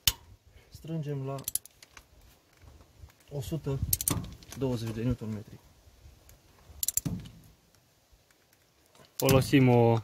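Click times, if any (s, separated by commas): 6.8 s, 6.9 s, 7.0 s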